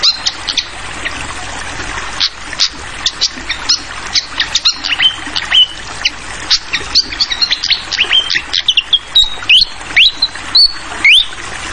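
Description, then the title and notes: Hill blue flycatcher song: rapid, dense high chirps and sharp rising and falling whistles, many notes overlapping, over a steady hiss of flowing water. Masteran (tutoring) for teaching songbirds; clear voice mixed with the sound of flowing water. "Masteran Sikatan Kipas Suara Jernih Dan Suara Gemericik Air. Suara Burung Sikatan Londo"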